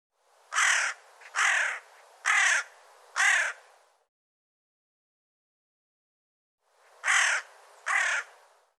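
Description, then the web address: Bird calling in rough cawing notes, four caws in quick succession, a silent gap of about three seconds, then two more caws. "cianscape birddata"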